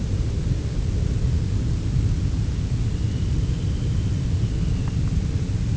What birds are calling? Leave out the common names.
Calidris alpina